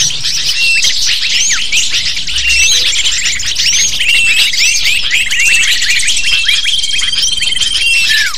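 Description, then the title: Many lovebirds chattering, a busy wash of high squeaky chirps and quick downslurred calls, with a long, thin, steady whistle near the end. Calls used as a lure to attract lovebirds. "PIKAT BURUNG LOVEBIRD"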